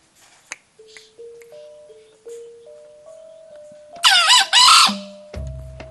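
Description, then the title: Junglefowl call: a short, harsh, rasping burst with wavering harmonics, set among steady sustained musical tones that step upward, ending with a low thump. Female junglefowl; a genuine call with a Javanese feel, from Java. "Suara Ayam Hutan Betina. suara ayam hutan asli bernuansa jawa"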